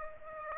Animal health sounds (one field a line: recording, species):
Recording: mosquito wingbeat signal from an infrared sensor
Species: Aedes aegypti